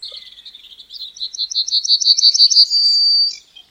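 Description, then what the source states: Yellowhammer song: a rapid series of high, short repeated notes, growing louder, ending in a longer drawn-out high note. Heard in summer in a meadow; nests in scrub at the valley bottom; song of four notes plus a very high fifth, rendered 'A little bit of bread and no cheese'.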